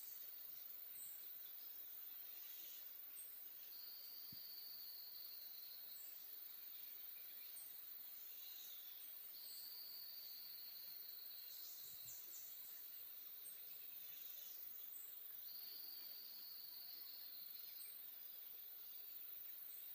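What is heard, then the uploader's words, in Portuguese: Atlantic rainforest ambience: a steady, dense wash of high insect hiss fills the whole stretch. Repeated bright trills around the upper middle come in bursts every few seconds, with faint chirps above, and a few soft low thumps near 4 and 12 seconds. Mata Atlântica-Floresta Tropical-Atlantic Forest-Tropical Forest. FLORESTAS TROPICAIS DE ALTURA (NUBLADAS).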